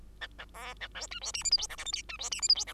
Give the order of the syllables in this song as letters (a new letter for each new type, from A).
A A B A C D E F G H I J K L M D E F G H I J